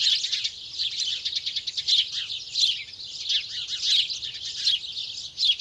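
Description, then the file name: House sparrows chirping in a dense, continuous chorus of short, high chirps overlapping one another, with brief louder bursts. "Passer domesticus"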